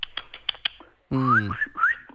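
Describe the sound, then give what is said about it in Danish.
A person makes bird-calling sounds to a small bird: a quick run of about six sharp kissing clicks, then a loud, voiced warble with rising, whistle-like chirps. “Og jeg siger sådan nogle lyde, som man gør til fugle.”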